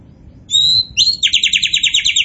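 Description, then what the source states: Oriental magpie-robin song: a long, steady, high whistle, then a rapid rattling trill of evenly spaced notes. Kacer poci type, singing vigorously ('gacor').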